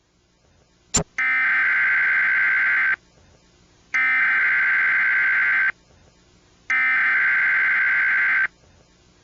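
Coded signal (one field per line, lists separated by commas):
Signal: Emergency Alert System (SAME) tones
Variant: header bursts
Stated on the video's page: Fictional EAS scenario, a fabricated alert production with added voice acting.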